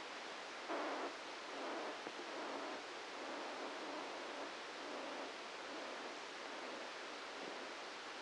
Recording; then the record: brain microelectrode recording played as sound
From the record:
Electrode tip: outside the subthalamic nucleus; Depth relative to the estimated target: 3 mm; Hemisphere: right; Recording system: NeuroSet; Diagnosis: Parkinson's disease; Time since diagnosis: 13 years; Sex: male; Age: 66 years